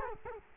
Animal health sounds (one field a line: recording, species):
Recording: mosquito wingbeat signal from an infrared sensor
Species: Culex quinquefasciatus